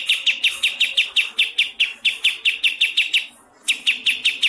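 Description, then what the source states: Bird song: crisp high chirps repeated rapidly, with one brief gap before the series continues. Masteran recording of birdsong, made for training songbirds.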